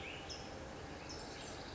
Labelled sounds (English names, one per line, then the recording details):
California Towhee
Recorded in Sonoma County, California